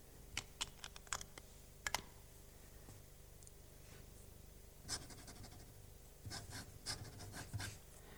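A pen scratches across paper in quick, uneven strokes as a statement is signed, with short bursts of scribbling separated by pauses, ending in a longer rapid flourish like a signature. Faint and dry, no voices.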